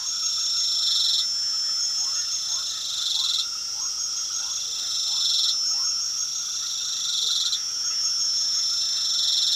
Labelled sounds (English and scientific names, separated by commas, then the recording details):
none
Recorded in pastures near Puerto Asís, Putumayo, Colombia, on 12 March 2025 at 22:00
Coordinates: 0.497, -76.327
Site G072